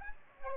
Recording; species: mosquito wingbeat signal from an infrared sensor; Aedes aegypti